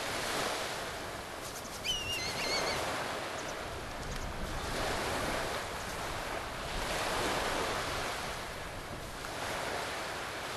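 Kite calling: one brief whistled note dissolving into a short wavering trill early on, then only the continuous wash of surf and wind.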